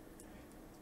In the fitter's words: okay that snapped into place and